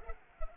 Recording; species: mosquito wingbeat signal from an infrared sensor; Culex pipiens